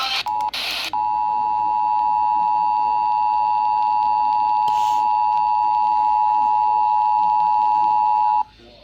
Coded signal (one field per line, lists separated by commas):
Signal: Emergency Alert System (SAME) tones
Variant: 853 and 960 Hz attention tone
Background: speech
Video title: PURE MAYHEM 9... | EAS Alerts from 6/30-7/1/25 | EAS#2,227-2,335